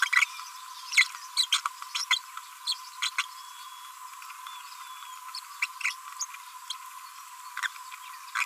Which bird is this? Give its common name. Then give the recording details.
Green-rumped Parrotlet. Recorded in a nest box in Venezuela. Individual 18B25A5